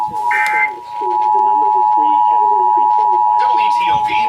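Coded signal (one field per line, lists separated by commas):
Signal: Emergency Alert System (SAME) tones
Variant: 853 and 960 Hz attention tone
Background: speech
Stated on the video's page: Real required monthly and weekly test captures received off air from FM radio and TV stations.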